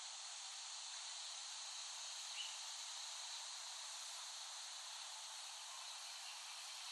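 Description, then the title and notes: Cicadas producing a constant high-pitched hissing drone, even in loudness, with one faint tick partway through. Cicadas recorded by Dan Bodah in West Brighton, Staten Island, in late summer 2008. "Recording of cicadas made by Dan Bodah in West Brighton, Staten Island, late summer 2008."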